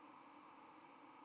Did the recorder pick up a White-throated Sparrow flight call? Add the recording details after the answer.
yes. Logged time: 05:26 on 31 October 2014